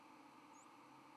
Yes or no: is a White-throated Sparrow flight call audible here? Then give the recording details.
no. Another species' flight call is heard. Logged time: 06:27 on 31 October 2014